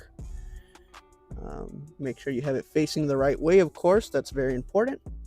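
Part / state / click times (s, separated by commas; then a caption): wiring harness connector into ignition coil / not seated / none. A plastic wiring harness connector is handled and lined up to go onto an ignition coil on the engine of a 2003 Grand Marquis, with a few faint handling taps in the first 1.5 seconds. Someone talks over quiet music. Nothing has seated or clicked yet.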